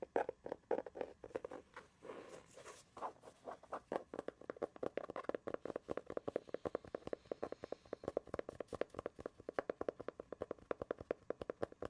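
Tapping and scratching: sharp clicking taps arrive in a fast, fairly regular stream through the whole twelve seconds. Around the two-to-three-second mark a brighter scraping sound rises over the taps, then the steady, evenly spaced tapping takes over and continues.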